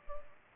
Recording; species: mosquito wingbeat signal from an infrared sensor; Culex pipiens